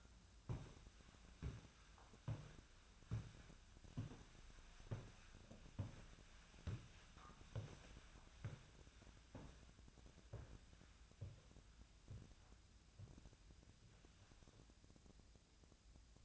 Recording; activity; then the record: daily activity, microphone in the room; walk to room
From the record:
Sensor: 2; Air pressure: 1009.9 hPa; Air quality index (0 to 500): 177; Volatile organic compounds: 10 ppm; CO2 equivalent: 2216 ppm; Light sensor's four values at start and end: 31/75/32/36 and 31/76/33/36